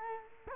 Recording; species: mosquito wingbeat signal from an infrared sensor; Culex quinquefasciatus